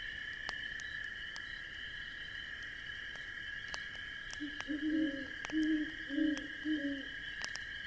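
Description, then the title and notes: Owl giving a few low hoots in the second half, set against a constant high insect drone and sharp crackles from a fire. Owl heard hooting in the distance at night beside a crackling campfire on a crisp autumn evening in the Midwest. "An Autumn Campfire in the Midwest. Owls. I hear the distant hoot of an owl"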